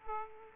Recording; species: mosquito wingbeat signal from an infrared sensor; Aedes aegypti